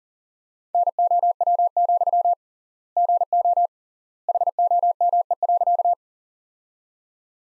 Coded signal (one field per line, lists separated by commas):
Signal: Morse code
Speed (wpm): 40 wpm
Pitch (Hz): 700 Hz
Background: none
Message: NOW, GO HOME.